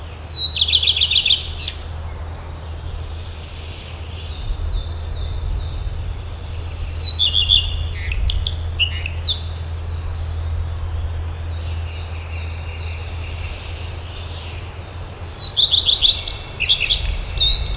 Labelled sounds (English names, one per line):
Common Redstart song